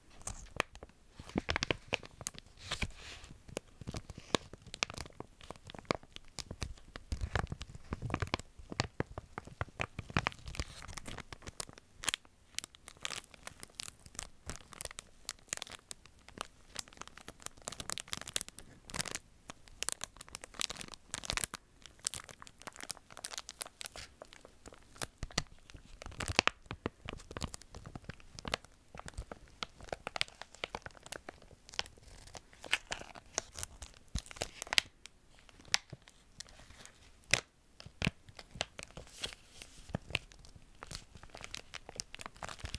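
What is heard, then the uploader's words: Crinkling sounds made of dense, rapid crackles that run without a break for the whole stretch. The texture is busy and irregular, full of sharp bright snaps with occasional louder crunchy bursts, and a slightly heavier, fuller patch around the seven to ten second mark. Intense Tingly Crinkling Sounds.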